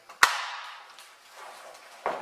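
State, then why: Seated. A handguard heat shield is pressed evenly across its top onto the barrel area of a Ruger Mini-14 tactical rifle and snaps into place with a sharp click at 0.2 s. A faint tap comes just before it, and a duller knock follows near 2.1 s. The heat shield is seated solidly.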